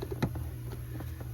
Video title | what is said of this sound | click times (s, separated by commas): 2015 Honda Odyssey - Cabin Air Filter Replacement How-to | And this one you do usually hear a click. | 0.2 s